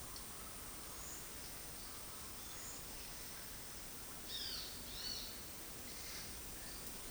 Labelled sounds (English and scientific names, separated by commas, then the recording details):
Roadside Hawk (Rupornis magnirostris), Great Kiskadee (Pitangus sulphuratus)
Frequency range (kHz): Roadside Hawk (Rupornis magnirostris) 2.4-6.2 kHz; Great Kiskadee (Pitangus sulphuratus) 2.4-6.2 kHz
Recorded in dense forest near Puerto Asís, Putumayo, Colombia, on 20 February 2024 at 12:30
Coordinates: 0.481, -76.318
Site G6421